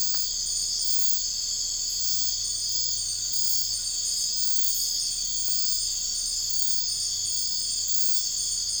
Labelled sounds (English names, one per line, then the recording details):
none
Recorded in dense forest near Puerto Asís, Putumayo, Colombia, on 13 March 2025 at 01:30
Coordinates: 0.484, -76.317
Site G064